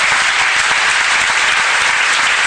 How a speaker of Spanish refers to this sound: invito a escuchar el programa que tienen los chicos en Radio Rebelde de 11 a 13 horas todos los días en esta radio que dirige el compañero Luis de Lía, para quien pido un gran aplauso también.